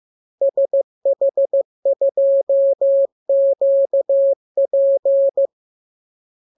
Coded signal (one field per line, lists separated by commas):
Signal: Morse code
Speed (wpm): 15 wpm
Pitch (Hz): 550 Hz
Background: none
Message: SH2QP